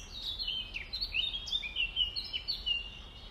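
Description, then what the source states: Nightingale delivering rapid chirped and whistled notes, several bright upward flicks in quick succession, against a gentle hiss. Recorded at dawn, around 05:33 on 5 May 2020.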